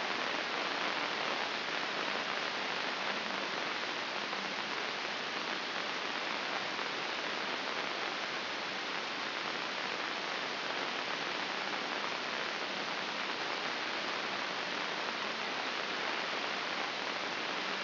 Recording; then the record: brain microelectrode recording played as sound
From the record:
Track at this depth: outside the subthalamic nucleus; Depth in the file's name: 6.414 mm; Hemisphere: left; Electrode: 2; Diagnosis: Parkinson's disease